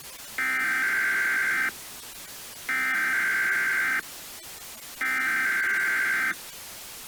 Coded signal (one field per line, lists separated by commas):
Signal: Emergency Alert System (SAME) tones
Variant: header bursts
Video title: EAS Scenario - Vampire Hunters (Recombined)